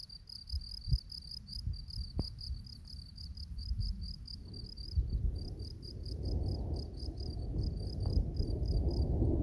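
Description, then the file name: Field cricket singing a regular string of high pulsed chirps, fairly soft beneath rising low-pitched background rumble. Recorded on 27 June 2023. "20230627 feldgrille"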